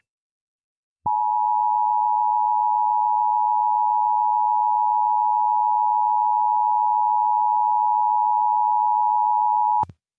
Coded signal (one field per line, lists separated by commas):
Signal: Emergency Alert System (SAME) tones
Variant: 853 and 960 Hz attention tone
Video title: EAS Required Monthly Test Florida Statewide (WGCU-FM Fort Myers) +WeatherSTAR4000